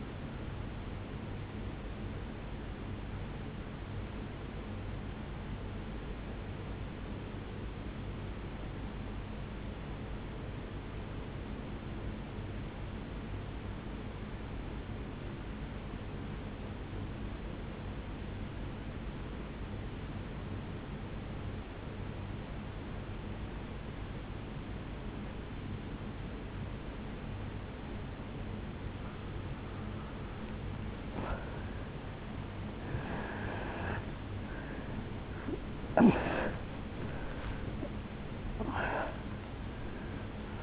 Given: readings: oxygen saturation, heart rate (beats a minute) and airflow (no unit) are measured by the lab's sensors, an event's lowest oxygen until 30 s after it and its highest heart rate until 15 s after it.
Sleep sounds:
breathing in sleep by a voice recorder at the bedside; 1
6.00-32.00 s: obstructive apnea (N2, oxygen 97% highest, then 83% lowest, heart rate 55 at the start, 81 highest)
26.00-40.63 s: new sleep stage, N1 (lightest sleep)
From the record:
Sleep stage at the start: N2 (light sleep); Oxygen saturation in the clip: 85 to 97%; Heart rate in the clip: 53 to 81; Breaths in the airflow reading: 5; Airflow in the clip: -11.5 to 7.3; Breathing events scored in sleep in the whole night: 449 in 7.0 hours asleep

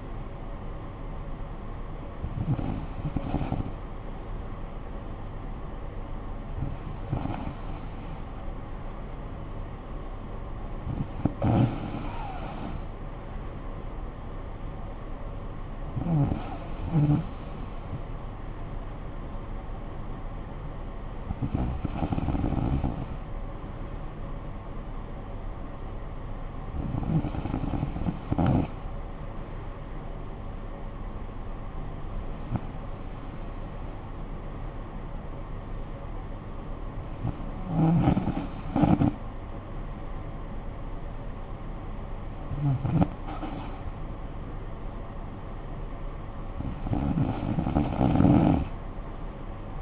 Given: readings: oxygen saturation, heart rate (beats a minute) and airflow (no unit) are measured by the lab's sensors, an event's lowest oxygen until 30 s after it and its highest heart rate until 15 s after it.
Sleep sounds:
breathing in sleep by a smartphone at the bedside; none
none scored
From the record:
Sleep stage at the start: N2 (light sleep); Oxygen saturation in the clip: 94 to 95%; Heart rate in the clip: 49 to 58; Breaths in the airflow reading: 10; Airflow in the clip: -10.0 to 5.9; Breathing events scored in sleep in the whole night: 445 in 7.6 hours asleep

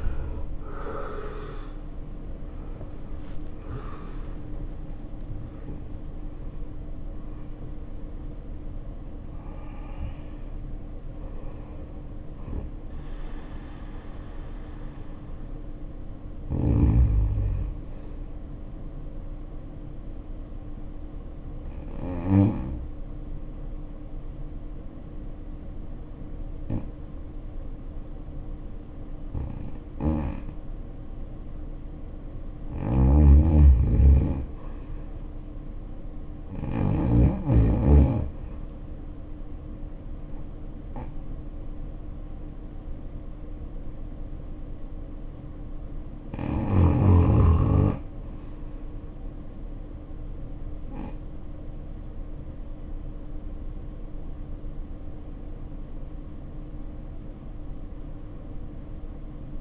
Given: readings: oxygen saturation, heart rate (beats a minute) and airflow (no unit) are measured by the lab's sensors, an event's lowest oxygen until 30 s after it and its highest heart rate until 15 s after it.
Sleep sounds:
breathing in sleep by a smartphone at the bedside; 2
0.00-31.00 s: awake
23.00-35.20 s: hypopnea (scored as awake, oxygen 91% highest, then 86% lowest, heart rate 60 at the start, 70 highest)
26.00-56.00 s: new sleep stage, N1 (lightest sleep)
43.00-54.80 s: hypopnea (N1, oxygen 92% highest, then 80% lowest, heart rate 70 at the start, 70 highest)
56.00-59.61 s: new sleep stage, REM sleep
From the record:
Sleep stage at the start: awake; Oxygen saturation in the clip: 69 to 93%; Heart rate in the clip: 59 to 86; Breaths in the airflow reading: 9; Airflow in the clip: -8.2 to 9.3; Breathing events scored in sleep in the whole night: 520 in 7.2 hours asleep

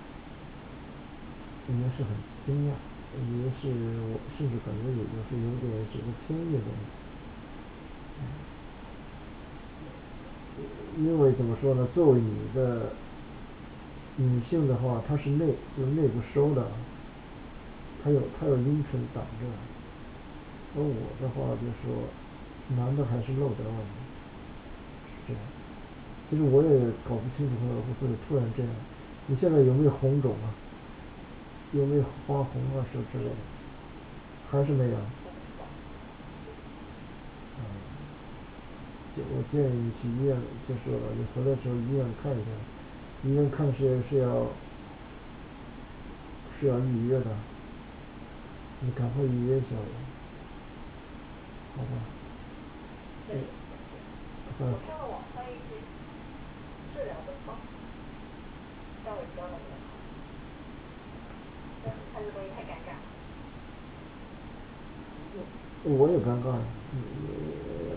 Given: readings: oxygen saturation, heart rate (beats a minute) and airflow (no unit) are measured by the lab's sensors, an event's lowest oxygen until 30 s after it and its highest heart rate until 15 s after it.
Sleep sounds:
a person awake in a sleep study, by a voice recorder at the bedside; none
0.00-67.97 s: awake
From the record:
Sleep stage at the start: awake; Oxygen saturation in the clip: 95 to 97%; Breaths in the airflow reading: 19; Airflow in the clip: -4.2 to 5.4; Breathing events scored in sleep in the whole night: 216 in 7.0 hours asleep

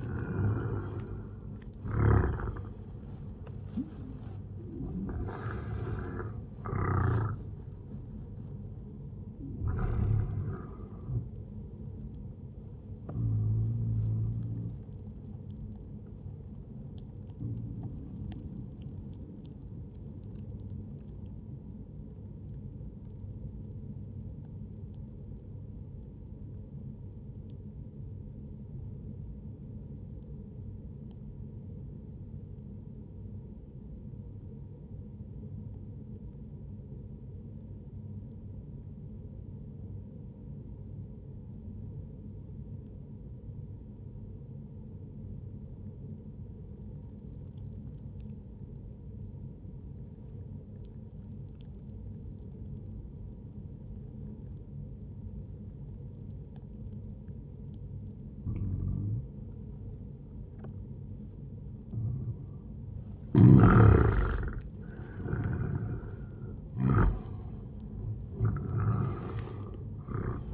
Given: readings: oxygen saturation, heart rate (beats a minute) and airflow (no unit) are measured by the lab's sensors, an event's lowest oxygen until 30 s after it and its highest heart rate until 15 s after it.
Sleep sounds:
breathing in sleep by a smartphone at the bedside; 1
17.00-60.60 s: obstructive apnea (N1, oxygen 98% highest, then 93% lowest, heart rate 69 at the start, 78 highest)
30.00-60.00 s: new sleep stage, N2 (light sleep)
60.00-70.53 s: new sleep stage, N1 (lightest sleep)
From the record:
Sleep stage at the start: N1 (lightest sleep); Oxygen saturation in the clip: 92 to 98%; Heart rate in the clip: 59 to 80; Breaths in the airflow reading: 6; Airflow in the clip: -14.1 to 13.2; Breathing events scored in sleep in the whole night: 131 in 7.2 hours asleep

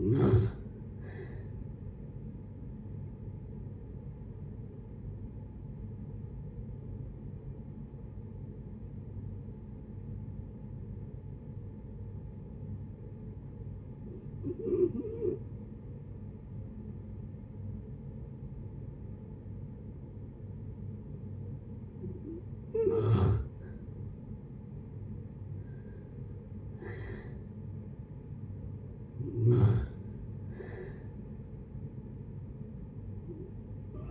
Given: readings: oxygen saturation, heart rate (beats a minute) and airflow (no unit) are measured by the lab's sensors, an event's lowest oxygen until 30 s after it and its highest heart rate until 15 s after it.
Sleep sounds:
breathing in sleep by a smartphone at the bedside; 1
3.00-23.70 s: hypopnea (N1, oxygen 95% highest, then 85% lowest, heart rate 70 at the start, 71 highest)
From the record:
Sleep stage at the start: N1 (lightest sleep); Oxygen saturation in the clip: 86 to 95%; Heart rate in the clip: 63 to 71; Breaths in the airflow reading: 6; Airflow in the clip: -6.9 to 6.7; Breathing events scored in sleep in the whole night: 496 in 5.4 hours asleep

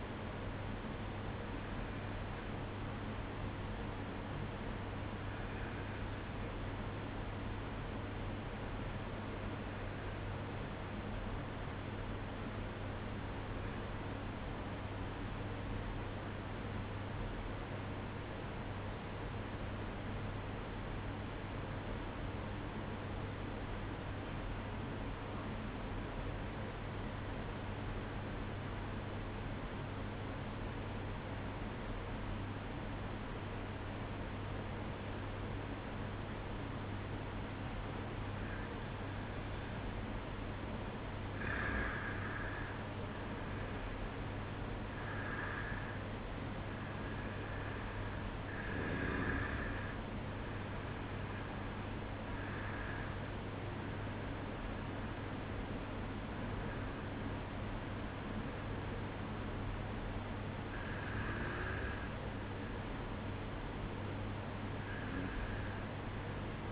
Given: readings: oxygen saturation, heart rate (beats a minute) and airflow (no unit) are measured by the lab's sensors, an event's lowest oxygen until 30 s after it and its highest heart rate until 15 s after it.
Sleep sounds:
breathing in sleep by a voice recorder at the bedside; 1
5.00-37.90 s: obstructive apnea (N2, oxygen 95% highest, then 91% lowest, heart rate 56 at the start, 60 highest)
29.00-66.72 s: new sleep stage, N1 (lightest sleep)
From the record:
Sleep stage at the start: N2 (light sleep); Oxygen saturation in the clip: 91 to 95%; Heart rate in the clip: 53 to 60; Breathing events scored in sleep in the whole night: 305 in 9.6 hours asleep

